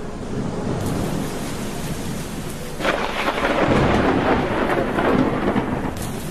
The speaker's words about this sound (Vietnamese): Đêm nay gió giật mưa rào, thỉnh thoảng những tia chớp lóe lên mà đánh xuống mặt đất, kèm theo đó là những tiếng nổ đoàng đoàng vọng lại chỉ sau khi ánh sáng lóe lên có mấy giây.